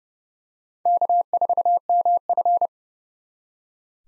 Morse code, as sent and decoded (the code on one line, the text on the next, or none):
-.- ....- -- ..-.
K4MF